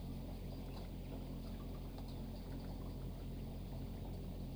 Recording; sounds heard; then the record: poultry house recording; healthy chickens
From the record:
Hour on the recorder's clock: 3